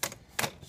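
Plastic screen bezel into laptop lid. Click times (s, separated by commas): 0.0 s, 0.4 s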